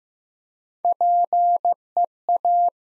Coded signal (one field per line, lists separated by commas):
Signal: Morse code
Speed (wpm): 15 wpm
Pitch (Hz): 700 Hz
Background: none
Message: PEA